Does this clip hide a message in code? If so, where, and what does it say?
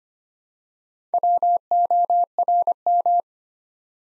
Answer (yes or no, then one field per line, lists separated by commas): yes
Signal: Morse code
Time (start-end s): 1.1-3.2 s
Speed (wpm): 25 wpm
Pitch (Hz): 700 Hz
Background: none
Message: WORM